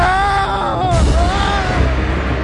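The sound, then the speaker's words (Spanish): A man lets out a long, anguished scream of fright, loud and strained, its pitch wavering and sliding as it holds for a couple of seconds over a low rumbling background. “Este hombre llegó a saltar de la impresión y lanzó un grito desgarrador.”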